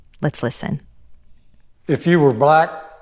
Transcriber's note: soundbite of audiobook, our hidden conversations: what americans really think about race and identity